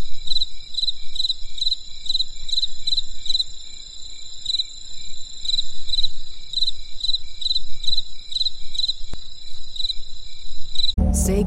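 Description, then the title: Insect chirping in repeated pulsed bursts over a steady high hum, ending in a sudden loud burst of noise. Crisp insect sounds on a winter night in the countryside. "There was a crisp sound of insects in the winter night. Come and experience a sound therapy feast from the countryside"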